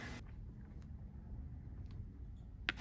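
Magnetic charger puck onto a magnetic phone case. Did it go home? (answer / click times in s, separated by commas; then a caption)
yes / 2.7 s. A MagSafe magnetic wireless charging puck is brought to the back of a Ringke Fusion Magnetic plastic case with built-in magnets on an iPhone SE 3 (2022). Over a low background hum, a couple of faint ticks are followed by one sharp snap at 2.7 s as the charger seats firmly onto the case.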